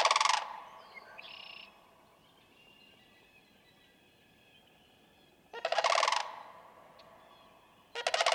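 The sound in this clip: Sandhill crane giving harsh, purring rattles at the start, near six seconds and at the end, with a long quiet gap between.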